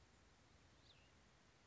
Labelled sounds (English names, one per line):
Cassin's Vireo